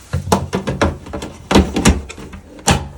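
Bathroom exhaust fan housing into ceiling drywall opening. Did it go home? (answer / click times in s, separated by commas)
yes / 1.9 s, 2.7 s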